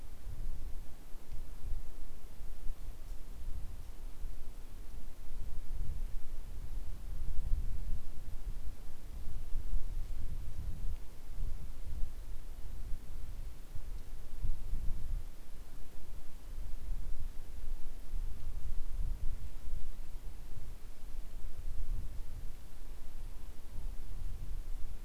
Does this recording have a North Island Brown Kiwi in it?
no